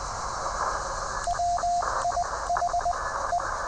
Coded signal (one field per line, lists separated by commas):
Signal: Morse code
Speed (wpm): 20 wpm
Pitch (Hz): 700 Hz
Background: radio noise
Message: WIH E